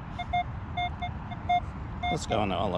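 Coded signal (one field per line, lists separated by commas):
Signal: none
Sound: metal detector's target tones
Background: speech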